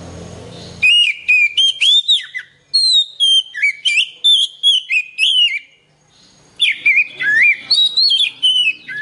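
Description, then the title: Oriental magpie-robin song: loud clear whistled phrases with varied rising and falling notes, bursts separated by a short pause, with a brief noisy rustle at the start. "Kacer"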